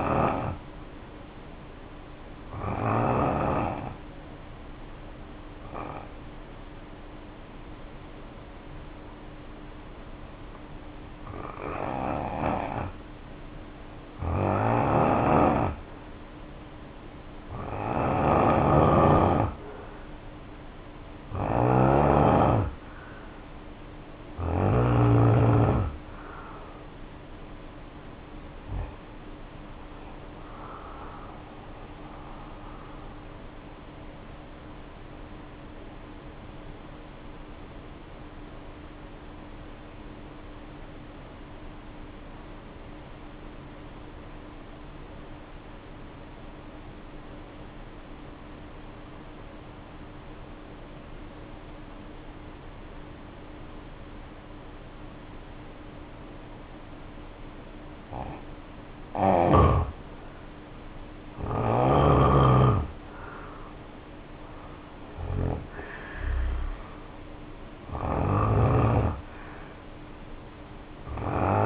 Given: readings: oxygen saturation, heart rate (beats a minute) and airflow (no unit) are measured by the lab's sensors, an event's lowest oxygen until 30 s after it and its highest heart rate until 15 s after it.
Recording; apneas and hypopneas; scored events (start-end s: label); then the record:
breathing in sleep by a voice recorder at the bedside; 2
4.00-20.20 s: hypopnea (N2, oxygen 90% highest, then 84% lowest, heart rate 62 at the start, 71 highest)
42.00-58.50 s: obstructive apnea (N2, oxygen 95% highest, then 78% lowest, heart rate 54 at the start, 74 highest)
43.00-71.66 s: new sleep stage, N1 (lightest sleep)
From the record:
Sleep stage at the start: N2 (light sleep); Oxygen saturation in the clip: 81 to 95%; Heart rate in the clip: 54 to 74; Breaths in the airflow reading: 13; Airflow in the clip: -3.6 to 6.2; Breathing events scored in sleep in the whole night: 520 in 7.2 hours asleep